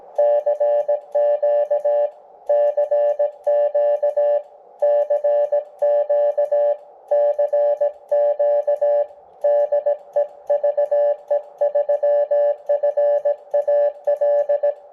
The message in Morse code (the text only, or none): CQ CQ CQ CQ DE VE3FAL